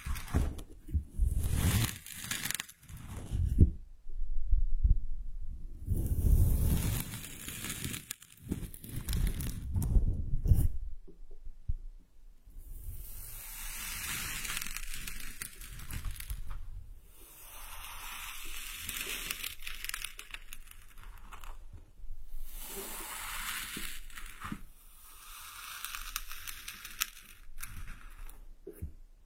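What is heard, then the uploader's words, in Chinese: Kinetic sand is squeezed and crumbled, with bursts of gritty rustling that start and stop irregularly throughout. 动力沙触发，沙沙声。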